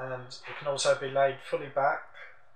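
Someone talks while the plastic hinge of a GPD XD handheld gaming console's clamshell screen is tilted back toward its detent angles. The screen is handled but not yet home: nothing has seated or clicked yet.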